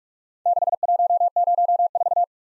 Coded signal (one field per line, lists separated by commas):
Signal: Morse code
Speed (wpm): 46 wpm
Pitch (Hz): 700 Hz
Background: none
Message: 6104